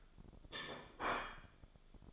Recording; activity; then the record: daily activity, microphone in the room; place plate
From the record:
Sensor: 5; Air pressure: 1004.4 hPa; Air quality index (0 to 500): 172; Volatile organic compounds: 4 ppm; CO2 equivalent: 1614 ppm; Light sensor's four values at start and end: 17/40/16/15 and 17/40/16/15